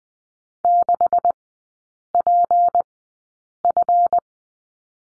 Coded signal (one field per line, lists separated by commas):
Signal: Morse code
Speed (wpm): 20 wpm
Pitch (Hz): 700 Hz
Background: none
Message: 6PF